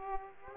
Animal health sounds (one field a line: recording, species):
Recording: mosquito wingbeat signal from an infrared sensor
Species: Aedes aegypti